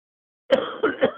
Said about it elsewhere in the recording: When I hear the word Denoff, I start to cough.